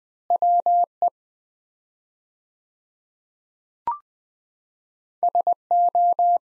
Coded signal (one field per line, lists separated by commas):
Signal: Morse code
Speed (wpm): 21 wpm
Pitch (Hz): 700 Hz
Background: none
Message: WE SO